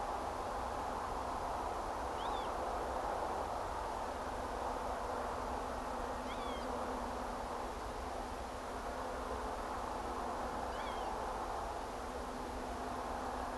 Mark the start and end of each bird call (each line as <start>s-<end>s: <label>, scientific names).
2.16s-2.48s: Vanellus vanellus
6.26s-6.66s: Vanellus vanellus
10.72s-11.06s: Vanellus vanellus